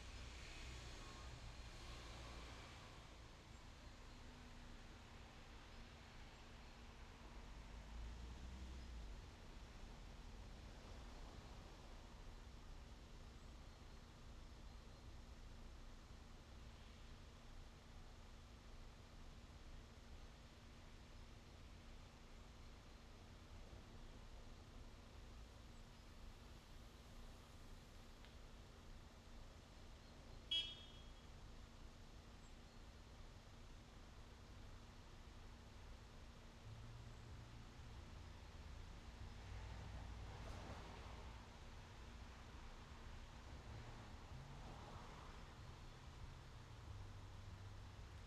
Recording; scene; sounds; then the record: everyday scene through a hearing-aid microphone; in traffic; traffic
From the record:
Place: main road on the outskirts, rush hour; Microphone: in the ear canal, left